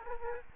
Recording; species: mosquito wingbeat signal from an infrared sensor; Aedes aegypti